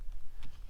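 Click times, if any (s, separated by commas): 0.4 s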